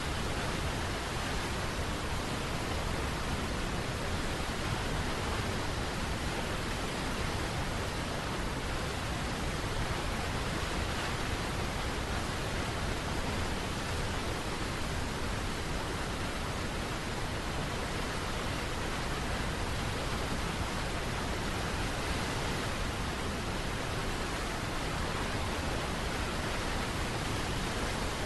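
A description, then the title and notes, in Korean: A cool waterfall roars steadily and densely for the whole clip, a full, even rush from deep low tones up to bright hiss. 시원한 폭포소리.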